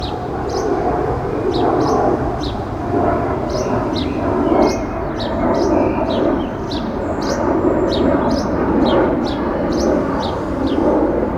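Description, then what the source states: Birds singing: short, high chirps repeated through a constant loud low rumble. City garden.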